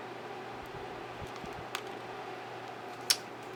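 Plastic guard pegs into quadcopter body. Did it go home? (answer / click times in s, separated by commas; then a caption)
yes / 3.1 s. A plastic part of a Syma X5C toy quadcopter, a prop guard or landing gear, is pressed lightly down onto its small pegs on the body over a steady low hum. A faint tick comes at 1.8 s, then a sharp, bright snap at 3.1 s as the part seats into place.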